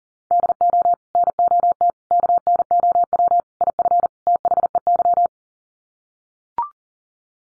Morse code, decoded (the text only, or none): DO NOT KNOW IF THEY